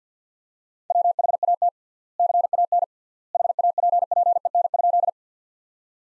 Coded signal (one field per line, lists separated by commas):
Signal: Morse code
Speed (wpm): 50 wpm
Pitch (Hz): 700 Hz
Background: none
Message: WHAT CAN HAPPEN?